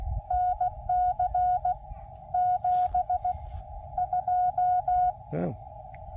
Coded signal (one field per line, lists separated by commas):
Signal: Morse code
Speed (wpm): 18 wpm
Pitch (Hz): 740 Hz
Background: none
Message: NC 72